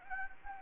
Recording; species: mosquito wingbeat signal from an infrared sensor; Anopheles gambiae